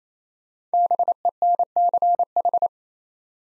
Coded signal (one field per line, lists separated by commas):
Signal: Morse code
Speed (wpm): 27 wpm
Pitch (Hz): 700 Hz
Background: none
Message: BENCH